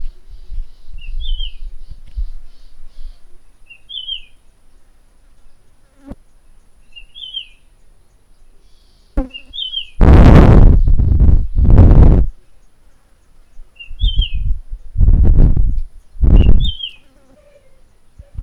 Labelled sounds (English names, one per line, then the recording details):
Rufous-naped Lark
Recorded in northern Uganda